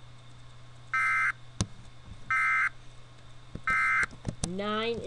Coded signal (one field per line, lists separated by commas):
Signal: Emergency Alert System (SAME) tones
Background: speech